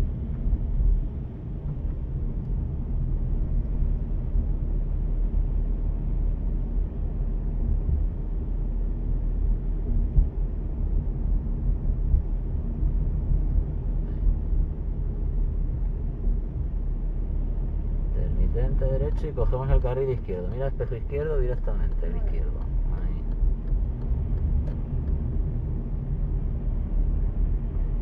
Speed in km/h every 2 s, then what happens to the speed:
31, 30, 30, 30, 30, 33, 32, 34, 34, 33, 32, 32, 30, 28.
0-16 steady at about 31. 16-26 slows to 28.